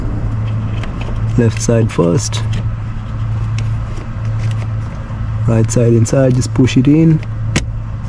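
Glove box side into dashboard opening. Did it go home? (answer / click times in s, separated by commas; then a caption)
yes / 7.6 s. After a cabin filter replacement on a 2009–2018 Toyota Corolla, the plastic glove box is refitted into the dashboard opening, left side first and then the right side pushed in. Someone talks over a steady low hum and some light plastic handling. A sharp click at 7.6 s is the glove box side snapping into the dash, confirming it is seated.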